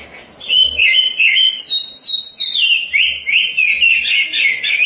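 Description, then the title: Oriental magpie-robin singing continuously, a loud, rich warble of quick varied whistles, trills and slurred phrases with hardly a pause. "Suara Kicauan Burung Kacer"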